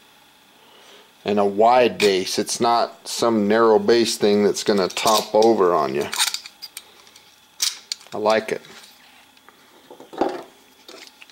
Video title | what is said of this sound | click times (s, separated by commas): MSR WindBurner Group Stove System - NEW for 2018! | this just pops right in just like that | 11.2 s